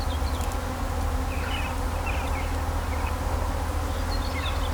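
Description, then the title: Bees giving a steady low buzzing drone, with a few soft bird notes and a low traffic rumble. Bees in vineyards at Kallstadt, Germany, in rural countryside, with birds singing and road traffic sounds. "In Kallstadt summen die Bienen"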